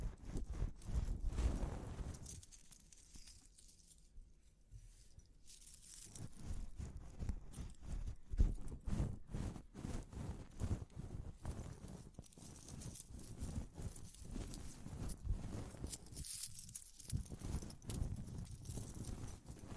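Ear cleaning with dense, uneven tapping and scratching that crackles almost constantly, with a dull low thump underneath. The sound thins out briefly around four to six seconds and again near sixteen seconds before the busy scratching resumes, with light bright clicks running throughout.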